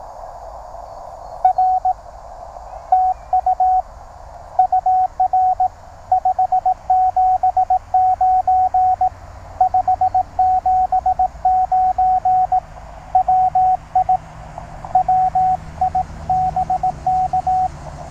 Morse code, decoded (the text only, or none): R TU UR 579 579 WI WIBK